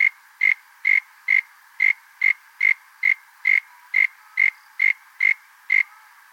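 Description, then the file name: Frog calling with short, sharp notes repeated steadily about twice a second, each a bright pulse, with a faint constant hiss underneath. Unidentified frog species from Australia. "ANIMAL FROG 01 UNKNOWN AUSTRALIAN 02"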